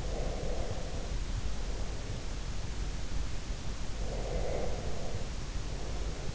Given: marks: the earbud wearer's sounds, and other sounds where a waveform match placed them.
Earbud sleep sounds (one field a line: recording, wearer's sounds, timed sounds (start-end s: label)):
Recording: sounds in sleep by an in-ear microphone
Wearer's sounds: breath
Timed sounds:
0.00-2.50 s: breath
3.89-6.30 s: breath